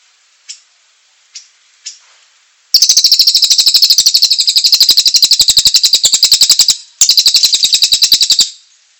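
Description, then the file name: Bird giving three sharp chirps, then a long, fast, harsh rattling trill that breaks briefly near its end and resumes. "suara cililin"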